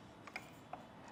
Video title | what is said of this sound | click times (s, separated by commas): etrailer - 2024 Jeep Compass Thule SquareBar Evo Roof Rack for Flush Rails: Complete Installation | it'll let you know when it's tightened all the way because you hear a click just like that | 0.4 s, 0.7 s